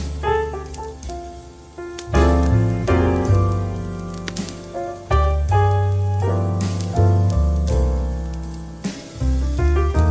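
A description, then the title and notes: Soft light jazz with warm low bass notes under sustained chords and a gentle melody. Chords are struck afresh about every two to three seconds, each swelling and slowly fading, and the tempo stays relaxed and unhurried throughout. Soft Light Jazz & Cozy Crackling Fireplace.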